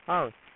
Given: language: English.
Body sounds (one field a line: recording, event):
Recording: throat vibration sensor signal played as sound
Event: speech